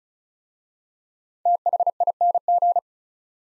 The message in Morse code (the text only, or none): THING